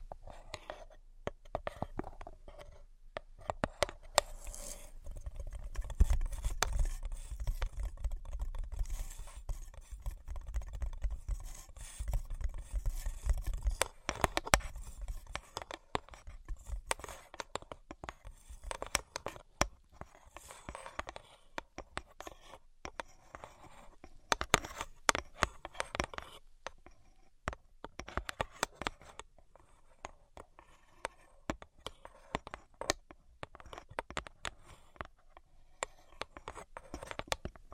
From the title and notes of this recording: Brain Penetrating 3D Tapping. (No Talking).